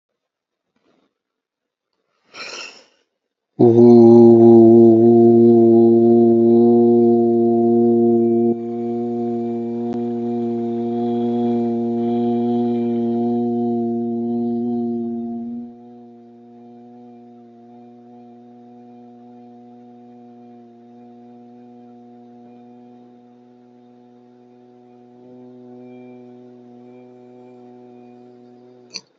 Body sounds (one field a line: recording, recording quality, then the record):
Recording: sustained vowel as in boot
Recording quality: excellent, no background noise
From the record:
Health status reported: healthy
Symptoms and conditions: none ticked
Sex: male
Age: 40 years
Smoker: yes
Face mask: not worn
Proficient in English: yes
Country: India